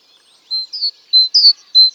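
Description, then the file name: Great tit song: high two-note phrases, a steady whistled note followed by a sharper falling note, repeated a few times in quick succession. "Parus major"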